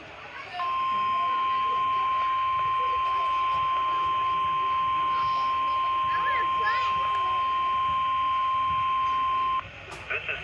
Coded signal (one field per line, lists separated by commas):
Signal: Emergency Alert System (SAME) tones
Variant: 1050 Hz attention tone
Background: speech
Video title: EAS 6480-6557 Mega EAS Compilation from Camp and tests as of 8/25/2024